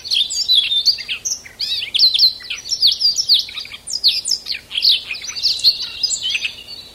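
Siberian rubythroat singing a continuous run of rich, fluty warbles mixed with sharp chirps and rapid trills, barely pausing over several seconds.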